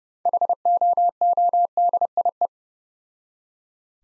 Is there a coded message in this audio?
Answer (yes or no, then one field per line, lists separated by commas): yes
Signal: Morse code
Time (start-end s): 0.3-2.5 s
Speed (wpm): 29 wpm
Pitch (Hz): 700 Hz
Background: none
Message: HOODIE